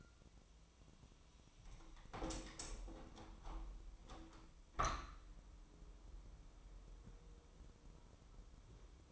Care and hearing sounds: daily activity, microphone in the room; open window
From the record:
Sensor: 1

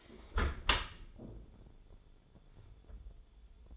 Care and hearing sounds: daily activity, microphone in the room; close dishwasher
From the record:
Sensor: 5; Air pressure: 1015.0 hPa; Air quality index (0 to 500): 111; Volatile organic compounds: 2 ppm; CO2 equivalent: 1196 ppm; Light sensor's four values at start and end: 34/79/32/31 and 35/80/32/32

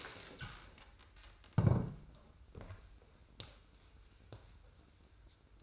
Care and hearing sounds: daily activity, microphone in the room; stand up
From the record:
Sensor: 2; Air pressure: 990.3 hPa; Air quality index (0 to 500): 178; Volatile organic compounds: 1000 ppm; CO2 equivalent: 5654 ppm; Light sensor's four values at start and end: 32/75/31/31 and 31/70/30/30

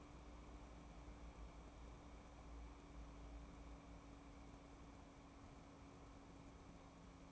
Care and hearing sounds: daily activity, microphone in the room; wipe stove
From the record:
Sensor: 1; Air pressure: 1012.4 hPa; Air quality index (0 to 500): 144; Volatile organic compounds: 2 ppm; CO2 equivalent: 1182 ppm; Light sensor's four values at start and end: 4061/7914/3987/4118 and 3968/7735/3896/4028

